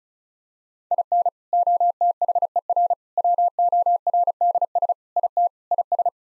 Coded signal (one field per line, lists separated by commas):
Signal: Morse code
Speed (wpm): 36 wpm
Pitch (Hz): 700 Hz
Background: none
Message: IN OTHER WORDS IT IS